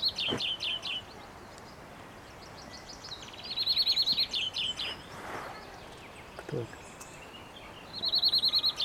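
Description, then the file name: European greenfinch giving quick rattling trills, one near the middle and another at the end, among short sharp chirps from other small birds. "Chloris chloris"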